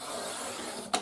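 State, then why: Seated. A stiff moving part of a papercraft tool is pushed into its housing. Steady broadband rustling and hiss build toward a single sharp click at 0.9 s, where the part seats in place. It is stiff because it clicks into place.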